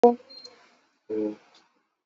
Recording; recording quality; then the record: sustained vowel as in boot; moderate, slight background noise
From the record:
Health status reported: exposed to COVID-19, no respiratory illness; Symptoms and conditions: cough, cold, fever, fatigue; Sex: male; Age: 30 years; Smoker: no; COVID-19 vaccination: both doses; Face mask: worn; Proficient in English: yes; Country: India